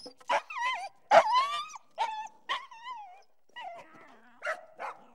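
Dog barking, a run of sharp barks mixed with tonal yelping whines that bend up and down, several sounds with short gaps.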